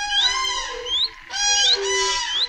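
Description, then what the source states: Common crane trumpeting: loud, rich, resonant calls in a few long bursts. Fanfare-like trumpeting calls heard in a forest marsh.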